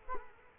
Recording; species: mosquito wingbeat signal from an infrared sensor; Culex quinquefasciatus